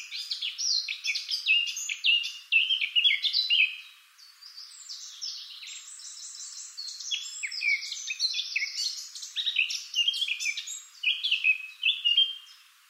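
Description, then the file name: Eurasian blackcap song, extended fast warbling of chattering and whistled notes, with a brief lull after about four seconds. "Sylvia atricapilla"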